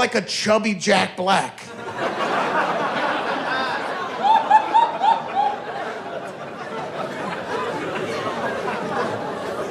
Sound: laughter

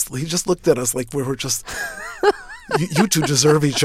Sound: soundbite of laughter

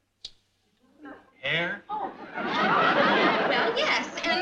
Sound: laughter

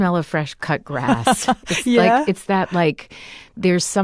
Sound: laughter

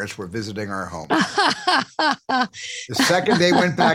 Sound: laughter

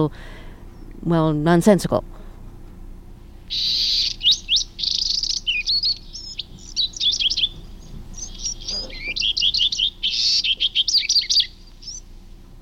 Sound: soundbite of baby wren's birdsong

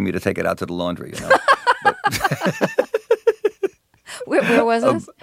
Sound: laughter

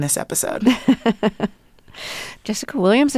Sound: laughter

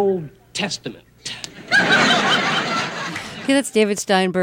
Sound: soundbite of laughter

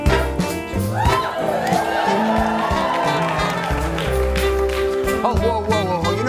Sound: cheering

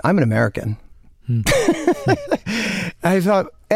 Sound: laughter

